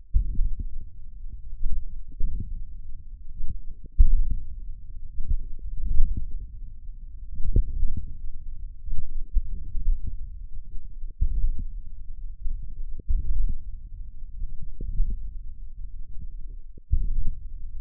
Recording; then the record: forearm muscle sounds (acoustic myography)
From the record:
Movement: hand closing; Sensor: system 1, eight BSWA MPA416 microphones around the upper forearm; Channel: 8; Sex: male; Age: 28 years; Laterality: right